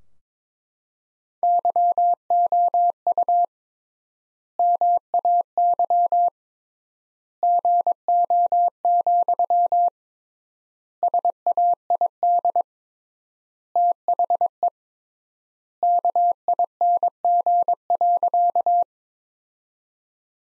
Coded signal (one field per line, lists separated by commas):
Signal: Morse code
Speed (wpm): 22 wpm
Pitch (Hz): 700 Hz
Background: none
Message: YOU MAY GO, SAID THE KING.